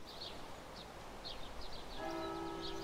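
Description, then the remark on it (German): Scattered high bird chirps over a soft outdoor hush, then a church bell strikes the quarter hour once, its rich, layered tone ringing out and sustaining steadily to the end. “Seit ich hier bin, fällt mir wieder der Glockenschlag bei jeder Viertelstunde auf.”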